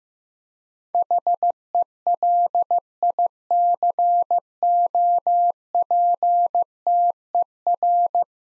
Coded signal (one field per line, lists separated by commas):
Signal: Morse code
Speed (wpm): 15 wpm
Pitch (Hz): 700 Hz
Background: none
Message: HELICOPTER